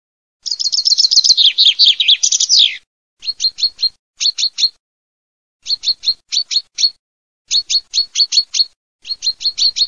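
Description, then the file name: Common chaffinch song: a fast descending rattling phrase with a final flourish, then rhythmic bursts of short high notes repeated in quick groups. "FRINGUELLOS"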